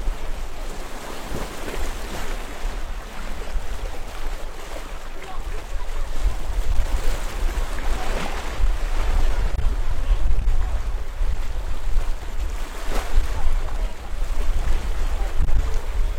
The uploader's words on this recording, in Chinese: 防波堤的大石块上长满了牡蛎壳，海浪不断冲刷着这些石头。海浪和海风也更大了一些。我把录音机拿在了手上。站在汕头东海岸的海堤上。